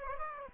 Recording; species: mosquito wingbeat signal from an infrared sensor; Aedes aegypti